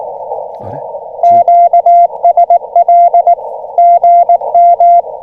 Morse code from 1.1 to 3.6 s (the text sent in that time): QSL